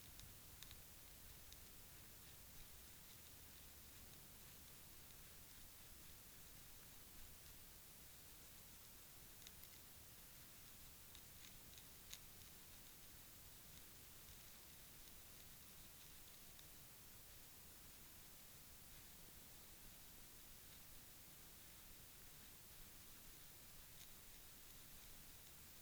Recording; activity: daily activity, guitar pickup as the sensor; brush teeth